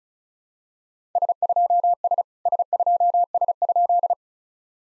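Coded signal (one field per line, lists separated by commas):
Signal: Morse code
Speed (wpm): 36 wpm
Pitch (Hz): 700 Hz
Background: none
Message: S2S S2S?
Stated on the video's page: SOTA summit-activation QSO copying drill at 35 wpm, each exchange sent twice with spoken version between.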